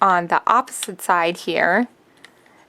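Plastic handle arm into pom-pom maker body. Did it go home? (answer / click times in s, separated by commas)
yes / 2.2 s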